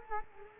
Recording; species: mosquito wingbeat signal from an infrared sensor; Culex quinquefasciatus